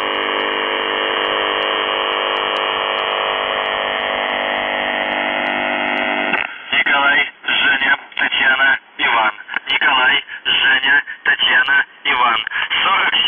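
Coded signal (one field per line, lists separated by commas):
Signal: numbers station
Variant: UVB-76 (The Buzzer)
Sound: harsh continuous buzz for about six seconds, then a voice reading a short message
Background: radio static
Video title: The Buzzer/UVB-76(4625Khz) June 21, 2021 08:06UTC Voice message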